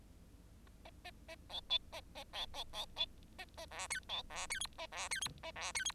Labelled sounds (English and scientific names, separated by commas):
Bengalese Finch (Lonchura striata domestica) song